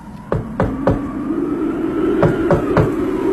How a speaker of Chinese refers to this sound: 好，我来敲门。